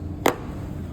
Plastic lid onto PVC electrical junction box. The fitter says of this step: entend que ça fait clic sur les qure coins nous pouvons prétendre